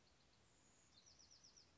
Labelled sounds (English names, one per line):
Bewick's Wren